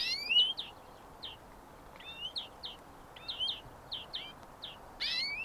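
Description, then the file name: European greenfinch giving a series of brief chirps and upward-sweeping notes, ending in a harsh buzzy burst; faint background hiss underneath. "European Greenfinch Chloris chloris"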